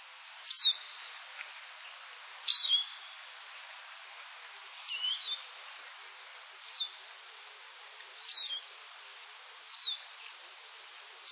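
Eurasian siskin giving short, high, thin calls spaced about every two seconds over a soft hiss.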